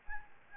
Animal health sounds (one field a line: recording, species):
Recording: mosquito wingbeat signal from an infrared sensor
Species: Aedes albopictus